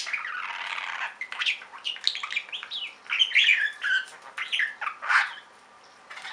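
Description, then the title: Budgerigar calls: a rough squawk, then rapid warbled chirps and grating notes, ending in a brief pause before another call. "Budgie Sounds"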